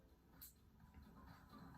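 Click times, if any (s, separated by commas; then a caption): 0.4 s. A gold plastic blade on a spinning-top layer is pushed in once more so it locks into its final position and fully exposes the rubber. A short, bright click sounds at 0.4 s over a low background hum, and the blade is seated and no longer moves.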